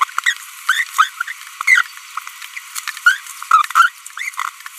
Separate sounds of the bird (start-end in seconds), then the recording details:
0.01-0.04, 0.69-0.83, 0.97-1.07, 1.68-1.82, 3.06-3.17, 3.51-3.65, 3.75-3.89, 4.18-4.29. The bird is a female. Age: 25 days. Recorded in a nest box in Venezuela. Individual 17B42B1